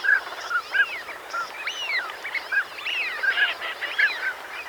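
Northern pintail calling: many short whistles and rising, arched notes in a continuous, overlapping stream.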